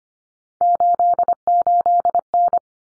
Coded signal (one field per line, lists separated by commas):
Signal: Morse code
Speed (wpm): 25 wpm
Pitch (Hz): 700 Hz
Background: none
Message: 88N